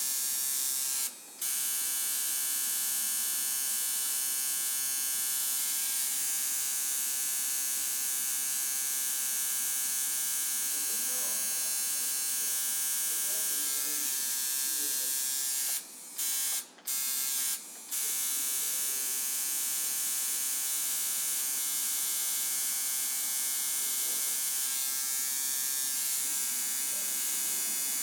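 A tattoo machine buzzes steadily, a dense, bright drone with a fixed pitch. It cuts out briefly near the start and three times in quick succession around the middle, while faint voices murmur in the background.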